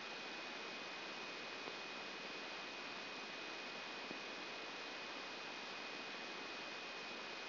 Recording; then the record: brain microelectrode recording played as sound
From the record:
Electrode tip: outside the subthalamic nucleus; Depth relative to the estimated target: -2 mm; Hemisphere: left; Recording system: AlphaMap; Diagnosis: Parkinson's disease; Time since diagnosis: 19 years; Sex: male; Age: 59 years